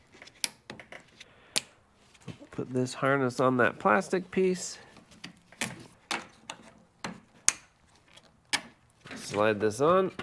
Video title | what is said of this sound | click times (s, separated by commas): 2007-2009 Camry Headlight Restoration Complete Lens Replacement Walkthrough | Just push them on until you hear them click. | 0.4 s, 1.6 s